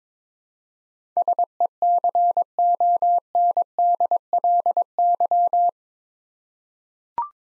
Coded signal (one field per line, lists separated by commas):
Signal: Morse code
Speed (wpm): 23 wpm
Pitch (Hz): 700 Hz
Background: none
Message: SECONDLY